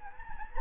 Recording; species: mosquito wingbeat signal from an infrared sensor; Anopheles gambiae